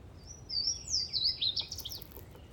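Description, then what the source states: Louisiana waterthrush song: several bright, loud slurred whistles, then a quick twittering jumble at the end, over a soft low rumble. Recorded 23 March 2024, 09:44.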